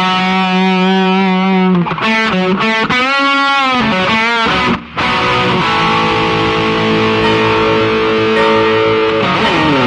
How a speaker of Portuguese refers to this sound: Vai ter spoilers agora, galera. O som do spoiler. É inevitável. Qual que seria o som de guitarra do spoiler? Ou seria?